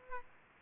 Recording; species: mosquito wingbeat signal from an infrared sensor; Aedes aegypti